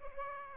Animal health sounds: mosquito wingbeat signal from an infrared sensor; Aedes aegypti

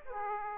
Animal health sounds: mosquito wingbeat signal from an infrared sensor; Aedes aegypti

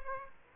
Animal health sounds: mosquito wingbeat signal from an infrared sensor; Aedes aegypti

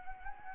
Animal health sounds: mosquito wingbeat signal from an infrared sensor; Anopheles arabiensis

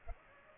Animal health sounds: mosquito wingbeat signal from an infrared sensor; Culex pipiens

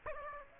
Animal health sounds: mosquito wingbeat signal from an infrared sensor; Aedes aegypti

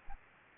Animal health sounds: mosquito wingbeat signal from an infrared sensor; Aedes aegypti

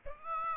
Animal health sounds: mosquito wingbeat signal from an infrared sensor; Aedes aegypti

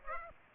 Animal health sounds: mosquito wingbeat signal from an infrared sensor; Aedes aegypti

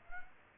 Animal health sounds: mosquito wingbeat signal from an infrared sensor; Aedes aegypti

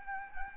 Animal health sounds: mosquito wingbeat signal from an infrared sensor; Anopheles gambiae

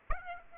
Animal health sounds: mosquito wingbeat signal from an infrared sensor; Aedes aegypti

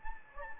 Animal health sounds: mosquito wingbeat signal from an infrared sensor; Anopheles gambiae

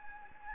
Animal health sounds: mosquito wingbeat signal from an infrared sensor; Anopheles gambiae

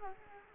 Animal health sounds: mosquito wingbeat signal from an infrared sensor; Culex quinquefasciatus

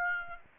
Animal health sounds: mosquito wingbeat signal from an infrared sensor; Aedes aegypti

